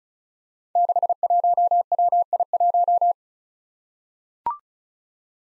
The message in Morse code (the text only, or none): 61WI1